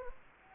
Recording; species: mosquito wingbeat signal from an infrared sensor; Anopheles gambiae